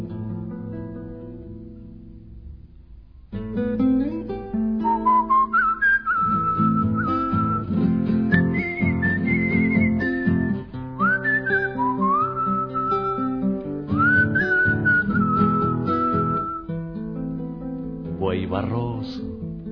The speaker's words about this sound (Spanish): Como le cuesta a la pobre, ayúdala con el silbo, ayúdala con el silbo.